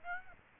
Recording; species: mosquito wingbeat signal from an infrared sensor; Aedes aegypti